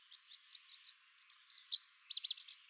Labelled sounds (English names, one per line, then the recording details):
Chestnut-capped Warbler song
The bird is a male
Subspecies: delattrii
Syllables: 19
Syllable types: 13
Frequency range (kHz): 3.4-9.2 kHz
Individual CR-GOGS-M